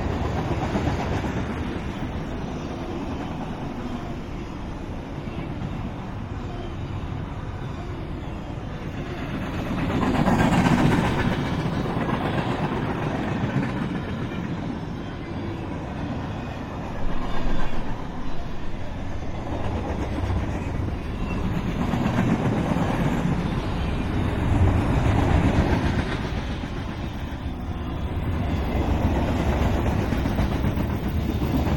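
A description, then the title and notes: A train rumbles past near a rail line, a dense, steady low roar with rolling swells around 10 seconds and again from about 17 to 27 seconds. Faint clicking of wheels on track runs through the passage, with little sound above the deep rumble. BNSF Freight Train Pass. A major BNSF line runs along the Columbia River Gorge that forms the border between Washington and Oregon states. I had also just acquired my first 32-bit recorder. These trains are long, and heavy, often requiring 2-4 engines to pull and another 1-3 to push.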